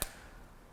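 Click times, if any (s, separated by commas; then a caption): 0.0 s. A memory card, turned around the right way, slides into the card slot of a Canon Rebel camera and locks into place. A single sharp, bright click sounds at 0.0 seconds, followed by faint low background noise. The card is seated.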